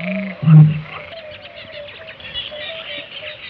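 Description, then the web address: Eurasian bittern giving a single deep, hollow boom after a short intake note, followed by quiet background chatter of birds. "great bittern boom"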